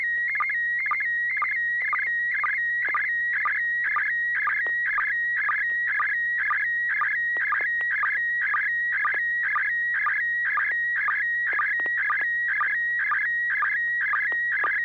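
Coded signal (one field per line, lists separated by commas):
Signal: SSTV (slow-scan television)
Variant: PD120 mode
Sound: rhythmic warbling chirps twice a second over a steady high tone, with short low blips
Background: faint low hum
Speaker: Sure, I will send a photo PD 120.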